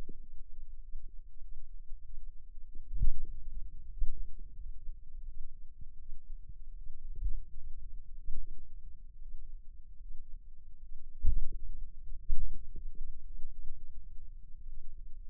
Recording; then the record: forearm muscle sounds (acoustic myography)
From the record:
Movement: finger pinch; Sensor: system 2, bracelet of six BSWA MPA416 microphones around the upper forearm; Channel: 5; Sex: female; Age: 23 years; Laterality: right